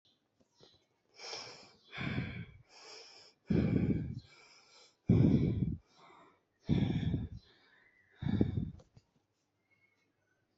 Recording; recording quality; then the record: shallow breathing; excellent, no background noise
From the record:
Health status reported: healthy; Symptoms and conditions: none ticked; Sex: male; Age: 20 years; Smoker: not ticked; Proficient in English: yes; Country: India